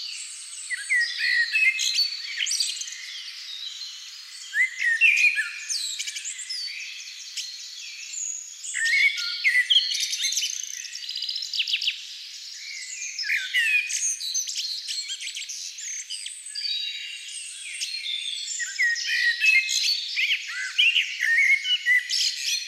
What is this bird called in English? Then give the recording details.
Common Blackbird. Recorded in the wild. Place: Waltershofen / Freiburg im Breisgau, Baden-Württemberg, DE. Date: 1996-04-07. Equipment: Dat-Recorder Casio DA 7, Telinga DAT, Telinga-Parabolspiegel. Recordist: Schwarz, Dieter